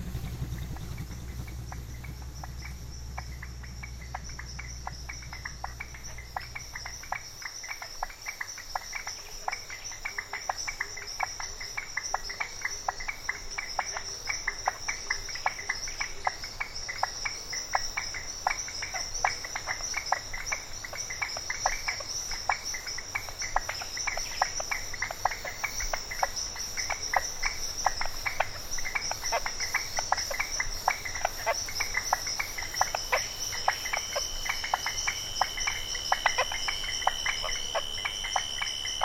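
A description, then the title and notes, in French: In a Peruvian town, crickets pulse rapidly and densely over a steady high insect whine, while a low engine rumble fades after seven seconds. Carte postale sonore du Pérou. A 800 kilomètres de Lima, dans les contreforts des Andes, à l'orée de la forêt peuplée d'animaux mystérieux, Tarapoto est considérée comme la ville la plus bruyante du Pérou. Carte postale sonore en stéréo.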